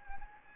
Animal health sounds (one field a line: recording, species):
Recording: mosquito wingbeat signal from an infrared sensor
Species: Anopheles gambiae